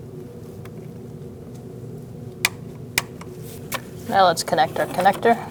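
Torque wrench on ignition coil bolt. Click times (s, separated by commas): 2.5 s, 3.0 s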